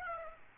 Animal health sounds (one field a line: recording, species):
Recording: mosquito wingbeat signal from an infrared sensor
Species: Aedes aegypti